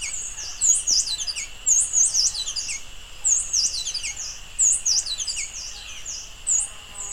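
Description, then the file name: Streak-throated hermit calls: very high, sharp chirping notes in quick bursts, repeated every second or two, over a steady high hum. "Golosa ptic - Solnechnyj kolibri Rupuruma Phaethornis rupurumii"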